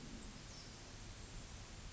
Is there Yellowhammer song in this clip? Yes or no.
no